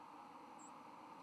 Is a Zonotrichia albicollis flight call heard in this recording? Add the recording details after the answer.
no. Another species' flight call is heard. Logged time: 09:30 on 13 November 2014